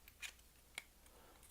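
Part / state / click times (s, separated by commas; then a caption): plastic cannon accessory onto the rail slots on an action figure's back / seated / 0.8 s. A second plastic cannon accessory is fitted onto the other rail slot on the back of a Maketoys Rioter Despotron action figure. After a brief handling rustle around 0.2–0.3 s, it snaps into place with a sharp click at 0.8 s. The cannon is seated securely so it doesn't fall off.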